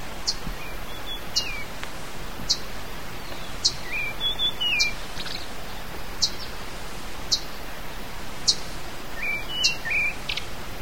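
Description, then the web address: Chiguanco thrush song: a few quick warbled phrases of sliding, slurred notes, with repeated piercing high clicks roughly every second and a light hiss behind. "cantos zorzachigua"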